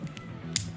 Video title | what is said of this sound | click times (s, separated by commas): serrouville unmount | On vient se clipser dans la boucle. | 0.6 s